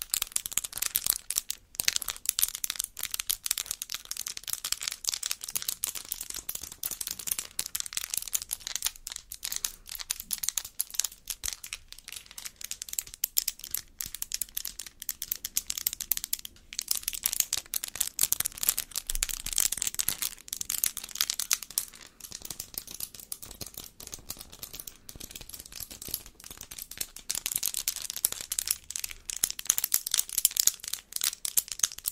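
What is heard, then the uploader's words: Fingernails clack and tap in a dense, irregular stream of bright, crisp clicks and crinkly scratches, continuing without pause for the whole stretch. Asmr extra long nail clacking.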